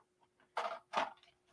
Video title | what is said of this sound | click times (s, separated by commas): Join host Cyrus Webb for Thursday's Daily Deals on Amazon LIVE | and you'll hear it snap back in place too and you're all set to be able to put it back up until you need it again so | 0.6 s